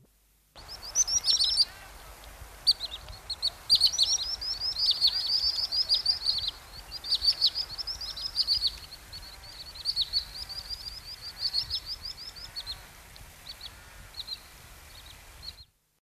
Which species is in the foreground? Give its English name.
Wood Sandpiper